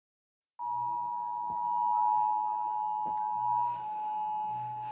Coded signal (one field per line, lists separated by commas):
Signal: Emergency Alert System (SAME) tones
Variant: 853 and 960 Hz attention tone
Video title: EAS#4 Severe Thunderstorm Warning